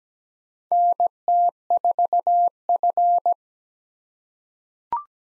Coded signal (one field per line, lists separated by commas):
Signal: Morse code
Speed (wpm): 17 wpm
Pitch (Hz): 700 Hz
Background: none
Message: NT4F